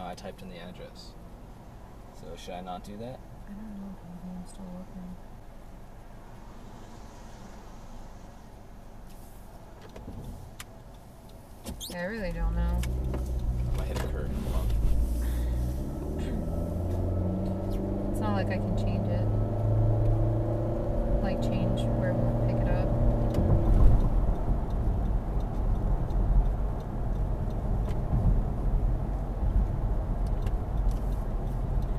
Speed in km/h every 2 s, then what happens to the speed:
0, 0, 0, 0, 0, 0, 6, 21, 39, 48, 68, 77, 79, 82, 76, 79.
0-10 standing. 10-26 pulls away to 82. 26-32 steady at about 79.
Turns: none.